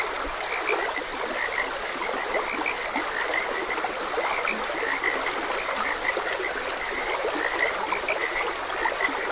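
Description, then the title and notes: Frogs croaking in a chorus of short, bright notes over a steady rushing stream. Frogs croaking beside a gentle stream. "Gentle Stream and Frogs Croaking. Sleep and Relaxation Podcast"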